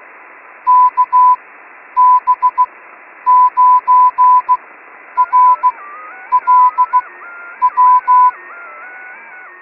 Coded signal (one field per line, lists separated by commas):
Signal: Morse code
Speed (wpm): 16 wpm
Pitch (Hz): 1000 Hz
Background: radio noise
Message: KB9RLW